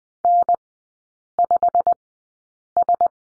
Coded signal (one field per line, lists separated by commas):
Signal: Morse code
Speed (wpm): 20 wpm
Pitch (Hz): 700 Hz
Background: none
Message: N5S